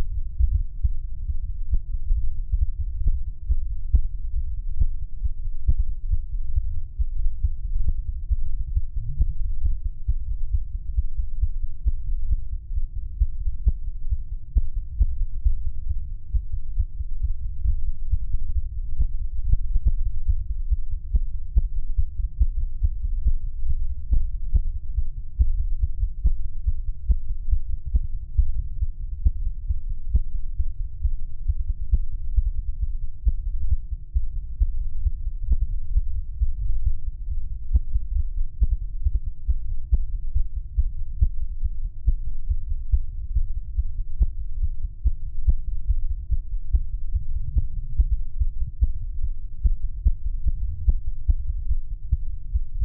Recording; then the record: fetal heart sounds by stethoscope on the mother's abdomen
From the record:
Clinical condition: bleeding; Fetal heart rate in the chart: 148 bpm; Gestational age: 34 weeks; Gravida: 3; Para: 1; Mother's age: 23 years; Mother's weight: 49 kg